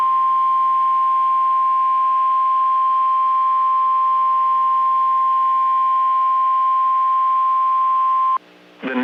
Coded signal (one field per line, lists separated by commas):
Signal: Emergency Alert System (SAME) tones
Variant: 1050 Hz attention tone